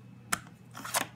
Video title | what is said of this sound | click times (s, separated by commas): Stowaway Tools - 3D Printed Phone Case - 1st Test | they pop into place. | 0.3 s